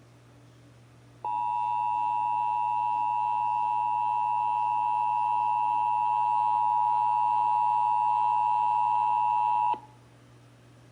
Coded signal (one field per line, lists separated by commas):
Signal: Emergency Alert System (SAME) tones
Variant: 853 and 960 Hz attention tone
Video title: (EAS #216-223) July 2022 Texas Required Monthly Test